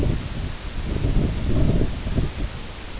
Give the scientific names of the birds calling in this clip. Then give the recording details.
none. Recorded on Arctic tundra, site IGLO-B, on 22 June 2018. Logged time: 21:59